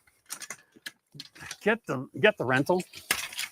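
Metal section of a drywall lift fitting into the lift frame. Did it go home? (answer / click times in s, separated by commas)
no / none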